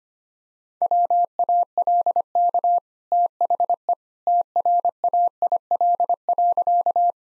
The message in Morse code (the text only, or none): WALK THE TRAIL.